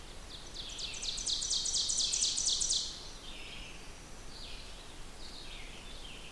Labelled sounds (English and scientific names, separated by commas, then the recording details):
Ovenbird (Seiurus aurocapilla) song
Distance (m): 35 m
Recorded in boreal forest in Alberta, Canada, on 16 June 2016 at 08:44
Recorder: SongMeter 3, array SBT-3-32
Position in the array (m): 176 m, 37 m
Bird 36